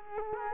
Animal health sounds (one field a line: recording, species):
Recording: mosquito wingbeat signal from an infrared sensor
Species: Culex quinquefasciatus